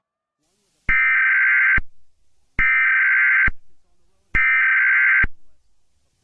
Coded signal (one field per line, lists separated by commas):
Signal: Emergency Alert System (SAME) tones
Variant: header bursts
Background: speech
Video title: ZOMBIE Virus - Philippine EAS Scenario PART 5